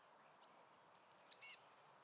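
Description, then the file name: Eurasian blue tit giving a quick run of three high, thin, slightly falling notes ending in a brief scratchy buzz, over a faint low hiss. "Cyanistes caeruleus"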